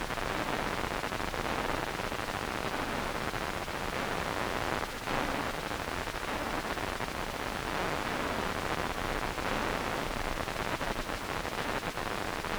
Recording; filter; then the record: brain microelectrode recording played as sound; wide band, above 20 Hz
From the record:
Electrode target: subthalamic nucleus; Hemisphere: right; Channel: 2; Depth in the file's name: 5.102 mm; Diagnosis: Parkinson's disease